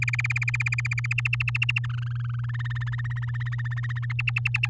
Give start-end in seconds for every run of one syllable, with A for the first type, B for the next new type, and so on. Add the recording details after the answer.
0.02-1.13 A, 1.18-1.79 B, 1.84-2.51 C, 2.54-4.06 D, 4.10-4.68 E. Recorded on 10 May 2018 at 05:50. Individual llb16